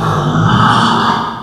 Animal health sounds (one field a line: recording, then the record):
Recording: squeal of a Yucatan mini pig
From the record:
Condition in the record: after surgery on the right vocal fold (resection and tissue-engineered implant)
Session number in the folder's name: 15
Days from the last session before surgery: 175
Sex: female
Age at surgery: 19 weeks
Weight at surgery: 25 kg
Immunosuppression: prednisolone